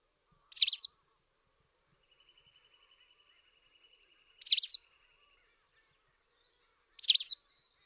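White wagtail calls, three brief, sharp two-part chirps spaced a few seconds apart, with silence in between.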